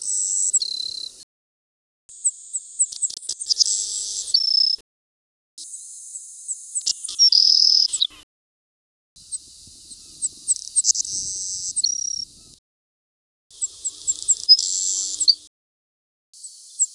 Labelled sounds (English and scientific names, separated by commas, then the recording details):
Savannah Sparrow (Passerculus sandwichensis) song
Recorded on Kent Island, New Brunswick, in 1995